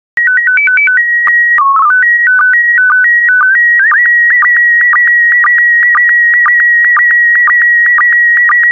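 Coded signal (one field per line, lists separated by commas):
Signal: SSTV (slow-scan television)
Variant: PD 120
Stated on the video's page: PD120-mode SSTV images generated as daily practice decoding material, with stock photos and synthetic audio prompts.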